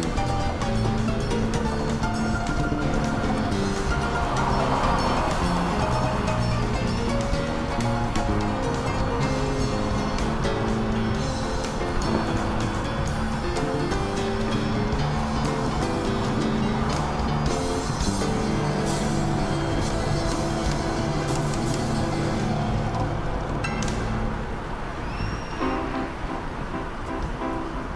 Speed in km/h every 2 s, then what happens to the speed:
84, 86, 86, 82, 81, 79, 78, 77, 76, 77, 77, 77, 75, 73.
0-28 slows to 73.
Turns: none.